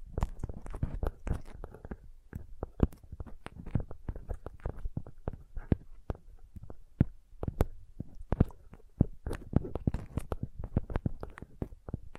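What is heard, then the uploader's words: Sensitive tapping in quick, irregular bursts, many sharp clicks with soft low thuds, some louder taps standing out throughout. Sensitive Tapping.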